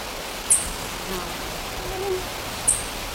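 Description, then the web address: Golden-collared honeycreeper giving two very high, thin, brief notes about two seconds apart over a steady background hiss. Ecuador. "Birds of Ecuador golden-collared Honeycreeper"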